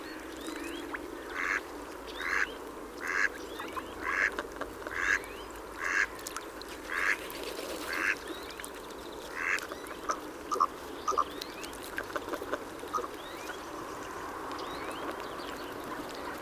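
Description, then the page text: Common merganser giving a series of harsh, croaking calls, repeated roughly every second for about eight seconds, then fading into softer scattered notes over steady background noise. "Jarek Matusiak - Большой крохаль (Mergus merganser)"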